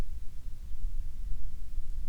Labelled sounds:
wind
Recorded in the Prudhoe Bay oil fields, Alaska, on 7 August 2019 at 13:52
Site 17

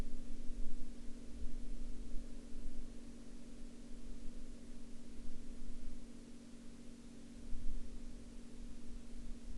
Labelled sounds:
man-made sound
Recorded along the Dempster Highway, Canada, on 15 October 2019 at 21:21
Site 12

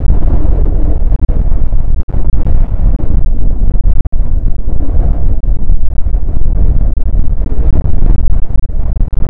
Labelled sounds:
wind
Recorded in the Arctic National Wildlife Refuge, Alaska, on 20 June 2019 at 00:31
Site 44

